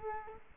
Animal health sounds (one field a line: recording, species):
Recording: mosquito wingbeat signal from an infrared sensor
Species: Culex quinquefasciatus